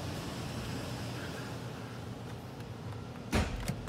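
On a Zimmer Golden Spirit, a ground wire is touched to the metal latch of the electric trunk latch in the fiberglass trunk lid, and the release is triggered over a steady low background hum. After a broadband burst at about 3.3 s, the latch clicks open sharply at 3.7 s, and the trunk latch releases once grounded.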